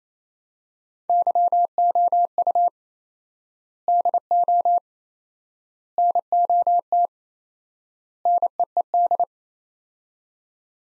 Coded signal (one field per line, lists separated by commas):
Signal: Morse code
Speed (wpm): 27 wpm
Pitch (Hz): 700 Hz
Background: none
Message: YOU DO NOT NEED